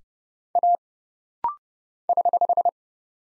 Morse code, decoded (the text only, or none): A <HH>